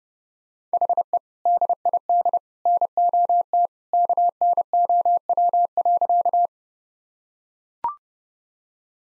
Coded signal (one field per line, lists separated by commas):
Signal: Morse code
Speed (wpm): 30 wpm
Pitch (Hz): 700 Hz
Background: none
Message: HE DID NOT KNOW.